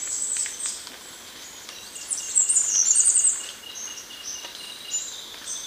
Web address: Natures Songs S America Birds of Ecuador Mountain Wren